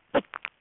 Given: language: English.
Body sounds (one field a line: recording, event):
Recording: throat vibration sensor signal played as sound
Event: cough